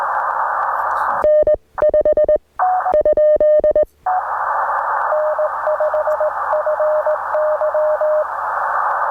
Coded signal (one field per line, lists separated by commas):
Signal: Morse code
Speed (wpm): 20 wpm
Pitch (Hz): 590 Hz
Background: none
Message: N5 ? N5FY